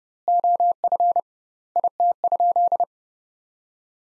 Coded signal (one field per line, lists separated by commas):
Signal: Morse code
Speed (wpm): 30 wpm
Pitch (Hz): 700 Hz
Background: none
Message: OF IT?